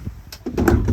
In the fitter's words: pop right out and then also